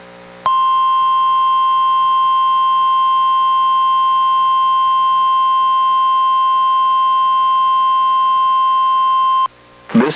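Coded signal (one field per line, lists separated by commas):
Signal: Emergency Alert System (SAME) tones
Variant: 1050 Hz attention tone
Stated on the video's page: NOAA Weather Radio required weekly test, issued by NWS and relayed by a weather radio station in Astoria, received on a Reecom R-1630 weather radio.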